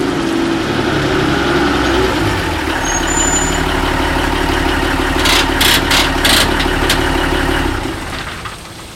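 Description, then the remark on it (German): A delivery van's engine rumbles steadily as it reverses toward a loading dock on a rainy night, its low idle hum continuous, broken midway by a few short, sharp hissing bursts before the engine note eases off. “Altmaier fuhr den Lieferwagen rückwärts an die Laderampe.”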